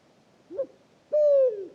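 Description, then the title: Pharaoh eagle-owl calling: short introductory note, then a long, resonant low hoot that drops slightly as it fades. Hooting at 3 a.m. on 8 March 2019 on a pitch-dark night at Oued Enoicre, Mauritania; first heard from afar, then approached to about ten metres with a parabolic reflector (Tlp7) and a Mixpre3. "Grand-duc du désert - Mauritanie"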